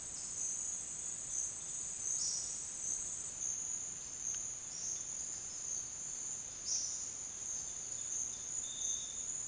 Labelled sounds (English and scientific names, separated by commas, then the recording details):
none
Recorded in secondary vegetation near Puerto Asís, Putumayo, Colombia, on 19 June 2025 at 12:00
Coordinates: 0.485, -76.322
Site GP06